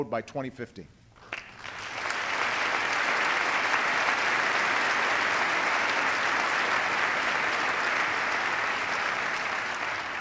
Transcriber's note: applause